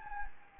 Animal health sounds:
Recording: mosquito wingbeat signal from an infrared sensor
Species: Anopheles gambiae

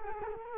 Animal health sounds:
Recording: mosquito wingbeat signal from an infrared sensor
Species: Culex quinquefasciatus

